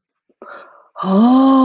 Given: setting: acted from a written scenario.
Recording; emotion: vocal sound without words; awe